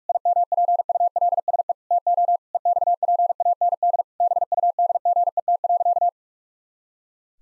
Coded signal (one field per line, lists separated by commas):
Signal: Morse code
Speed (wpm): 46 wpm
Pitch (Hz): 700 Hz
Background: none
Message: IMPULSE TO EXPAND BUDGET.